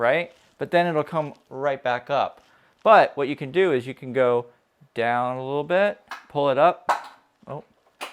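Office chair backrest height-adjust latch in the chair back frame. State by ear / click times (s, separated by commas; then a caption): not seated / none. Someone talks while handling the backrest height-adjust latch in the back frame of a FLEXISPOT ErgoX-PRO office chair, lowering the seat back a little and pulling it up. Nothing has seated or clicked yet by the end of the clip.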